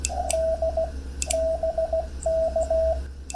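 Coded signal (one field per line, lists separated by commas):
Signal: Morse code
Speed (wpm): 16 wpm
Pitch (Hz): 650 Hz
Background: radio noise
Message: D BK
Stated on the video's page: CW contact hunting a POTA activation from a hotel room with a TX-500, Gabil antenna, banana plug radials, compromised equipment and limited power.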